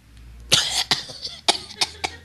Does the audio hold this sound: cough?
yes